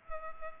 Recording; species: mosquito wingbeat signal from an infrared sensor; Culex pipiens